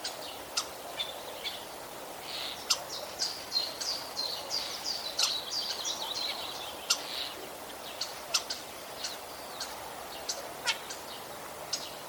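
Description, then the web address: Common starling giving a run of thin whistles and squeaky slurs mixed with sharp clicks, busiest in the middle stretch, with sparser clicking at the start and end. "vogelstimmen star ruf nabu lars lachmann"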